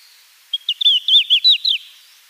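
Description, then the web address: Red-flanked bluetail singing a brief high warble, a thin opening note followed by rapid downslurred whistles over about a second, on a quiet background. "Schulze Peter Red-flanked Bluetail song"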